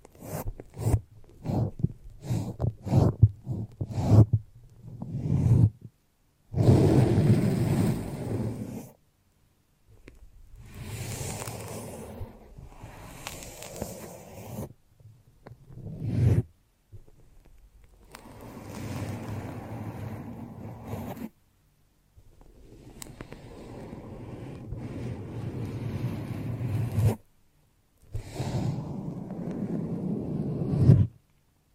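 A foamy, sticky brain massage: it opens with a quick run of short squishing taps over the first five seconds. Then come longer crackling, fizzing rubs, each a few seconds long, with brief silent gaps between them. Some swell louder toward their ends.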